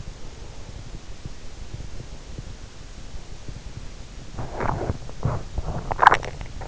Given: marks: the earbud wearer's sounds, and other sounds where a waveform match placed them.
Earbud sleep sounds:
sounds in sleep by an in-ear microphone; breath, swallowing, teeth grinding
0.01-2.42 s: breath
4.07-5.83 s: swallowing
6.06-6.38 s: teeth grinding

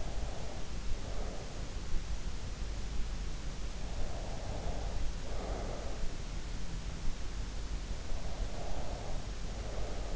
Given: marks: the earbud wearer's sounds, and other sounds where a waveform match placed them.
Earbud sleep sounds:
sounds in sleep by an in-ear microphone; breath
0.00-1.69 s: breath
3.90-6.21 s: breath
8.35-10.16 s: breath

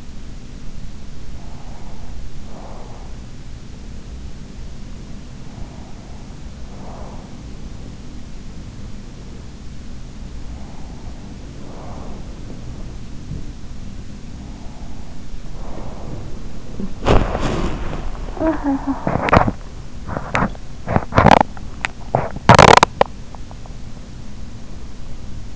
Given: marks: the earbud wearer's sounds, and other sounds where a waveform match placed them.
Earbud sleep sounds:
sounds in sleep by an in-ear microphone; breath, body movement, talking in sleep, teeth grinding, swallowing
0.90-3.20 s: breath
4.94-25.56 s: body movement
5.34-7.56 s: breath
10.18-12.53 s: breath
14.33-16.84 s: breath
18.40-19.44 s: talking in sleep
20.09-24.05 s: teeth grinding
21.64-22.04 s: swallowing

